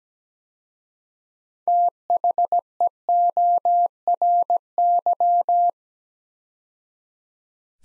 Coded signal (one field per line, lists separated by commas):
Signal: Morse code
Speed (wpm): 17 wpm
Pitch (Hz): 700 Hz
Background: none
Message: THEORY